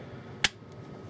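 A second SO-DIMM memory module is pushed down into the motherboard memory slot of a Lenovo Ideapad N585 laptop, bringing it to eight gigabytes total. The latches snap it in with a single sharp click at 0.4 s against quiet background hiss. The module is seated.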